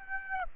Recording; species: mosquito wingbeat signal from an infrared sensor; Aedes aegypti